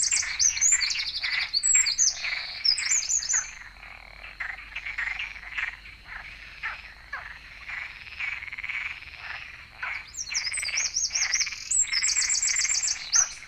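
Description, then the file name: Eurasian wren singing loud, high trilled phrases of rapid notes at the start and end, with repeated lower pulses throughout the background. "Troglodytes troglodytes"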